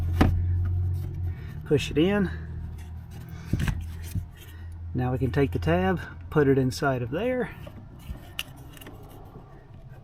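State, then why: Not seated. While refitting the glove box of a 2021 Hyundai Palisade after a cabin air filter replacement, a plastic glove box tab is guided toward its mounting slot in the dashboard as someone talks, with light knocks, rattles and a sharp tap near the end. The tab is handled but not yet home; nothing has seated or clicked yet.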